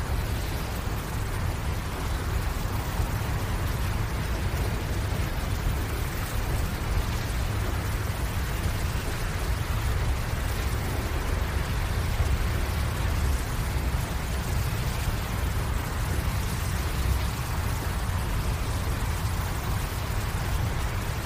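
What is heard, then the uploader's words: Rain pours down steadily in a city, a dense, even hiss with no pauses or gusts across the whole stretch. A heavy low rumble sits underneath, like traffic or water running off streets, while the brighter spatter stays constant throughout. Raining In Downtown Tokyo. Relaxing rain sound of downtown Tokyo. A quick rainstorm comes down.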